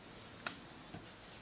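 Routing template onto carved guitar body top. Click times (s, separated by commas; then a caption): 0.5 s. A pickup routing template is fitted onto the carved, arched guitar body top with the centre lines lined up, and it clicks into place with a sharp tick at 0.5 s. A fainter second tick follows near 0.9 s. The template is seated.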